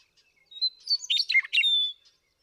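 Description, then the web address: Western meadowlark singing one short, loud phrase: a clear whistle opening into a rapid, gurgling jumble of notes, ending on a held whistle. "birdsongforthecurious Western Meadowlark"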